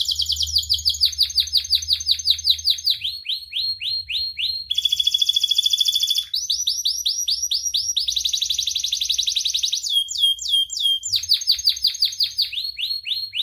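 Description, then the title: Atlantic canary song: rapid repeated tours of downslurred chips, switching often to buzzy rolls and higher fast trills, sung continuously and loudly. Prolific, vigorously singing ('gacor') canary; praised for its best 'cengkok' phrasing and most luxurious 'isian' song fill, within Indonesian songbird-keeping hobby. "Kenari Gacor Cengkok Terbaik Isian Paling Mewah Kenarigacor Kicaumania Kenari"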